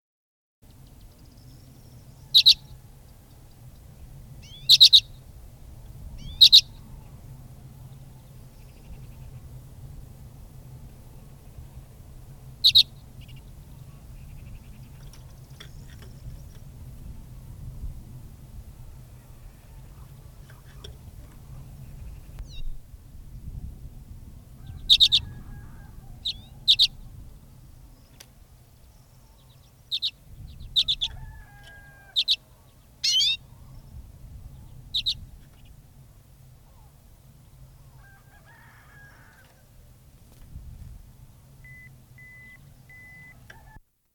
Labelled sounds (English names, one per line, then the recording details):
Common Redpoll call
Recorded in captivity
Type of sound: call
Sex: male
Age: adult
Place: Putgarten, Insel Rügen, Mecklenburg-Vorpommern, DE
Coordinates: 54.678, 13.427
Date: 1978-01-08
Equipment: Nagra III BH, Sennheiser MD 21, parabola
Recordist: Schubert, Michael
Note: Birkenzeisig gekäfigtes adult Männchen (Carduelis f. "holboelli", 76mm), natürliches Locken